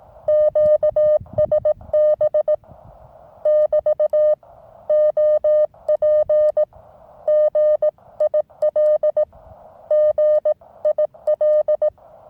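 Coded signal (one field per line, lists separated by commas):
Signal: Morse code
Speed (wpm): 18 wpm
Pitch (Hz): 610 Hz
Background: none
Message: QSB <BT> OP GIL GIL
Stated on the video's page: Morse from a tiny Weber MTR radio operated in hills near Marseille, with a 6m wire antenna, 9:1 UNUN and T1 tuner.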